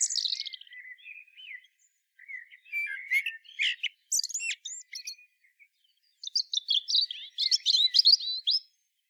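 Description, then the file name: Common blackbird singing: a fluty opening slurring downward, then a long run of rapid scratchy twitters and high squeaks in several bursts. "Turdus merula"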